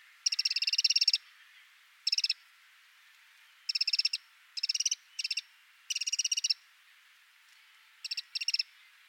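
Eurasian wren repeating short churring rattles, several separate bursts of fast dry ticks with brief silences between.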